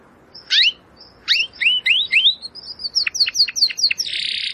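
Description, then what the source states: Domestic canary song with sharp upslurred whistles in quick series, a rapid trill of descending notes, and a closing buzzy rattle. Belgian canary singing; labelled 'Campainha'.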